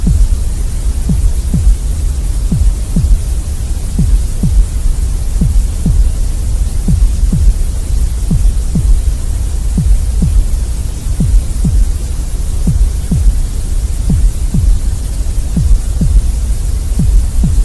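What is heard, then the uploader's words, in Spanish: A steady heartbeat thumps low beneath a constant bed of gray noise, the beats arriving regularly at roughly one per second. The hiss stays even and fills the whole range, while the soft, close pulses stand out only in the deep bass. Latido del Corazón de Ruido Gris. Combinamos el ruido gris con un relajante latido del corazón.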